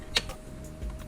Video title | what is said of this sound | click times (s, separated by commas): How To Hard Wire A Radar Detector in a Grand Sport Corvette | it clicks in place | 0.2 s